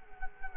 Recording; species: mosquito wingbeat signal from an infrared sensor; Culex quinquefasciatus